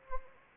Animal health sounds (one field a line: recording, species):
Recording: mosquito wingbeat signal from an infrared sensor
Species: Anopheles arabiensis